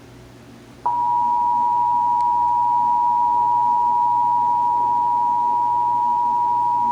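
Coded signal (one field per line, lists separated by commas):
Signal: Emergency Alert System (SAME) tones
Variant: 853 and 960 Hz attention tone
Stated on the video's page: Texas Required Monthly Test, March 2024, as carried on multiple radio and TV stations.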